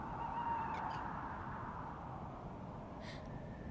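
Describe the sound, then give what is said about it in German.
An owl calls at night: one drawn-out, mournful hoot early on, faint against a steady hissing background, followed by quiet with only a soft brief rustle near the end. “Was klagt die Eule so, Mami?”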